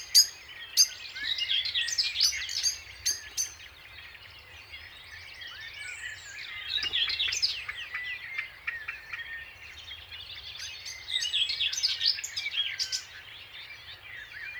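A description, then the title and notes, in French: A dense spring dawn chorus of many birds sings continuously, bright overlapping chirps and trills with sharp clicks early on, over a faint low hum. Lesches et Saint Dizier en diois - nagra seven - 2X mkh40 et 8020.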